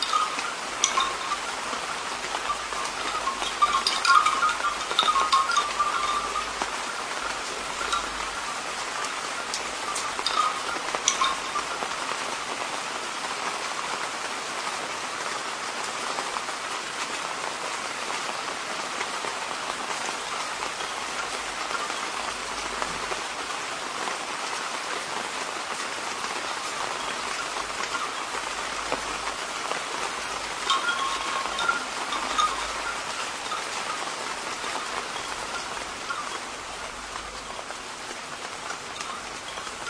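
Rain falls in a bamboo grove, a steady, dense patter with a bright hiss and a fuller band of drops in the middle range. Louder bursts come near the start, around four to six seconds and again near thirty seconds; otherwise the rain holds even throughout.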